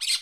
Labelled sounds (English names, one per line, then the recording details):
Brown-throated Parakeet contact call
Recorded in Curacao
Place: Hoffi Jan Thiel
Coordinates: 12.094, -68.877